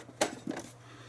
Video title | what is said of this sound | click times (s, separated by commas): Adman Grandstand (Fairchild Channel-F) System 2 Video Entertainment Computer | it would go click into place | 0.2 s